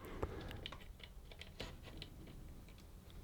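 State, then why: Not seated. A replacement battery lead's plastic plug is lined up tab-up and pushed toward the battery socket on a Eufy RoboVac 11S robot vacuum. Small, sharp plastic handling taps and light clicks come at about 0.2, 0.5, 0.7, 1.6 and 2.0 seconds. The connector has not seated or clicked home yet.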